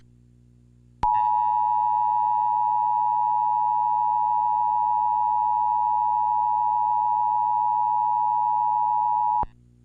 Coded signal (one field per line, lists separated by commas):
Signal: Emergency Alert System (SAME) tones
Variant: 853 and 960 Hz attention tone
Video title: YTP EAS video